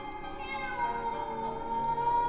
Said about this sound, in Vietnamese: Bây giờ thì nó không còn kêu gào kinh dị như lúc nãy, mà nó cứ meo meo như muốn nói điều gì.